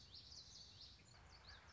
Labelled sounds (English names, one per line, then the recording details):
Common Yellowthroat
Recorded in Sonoma County, California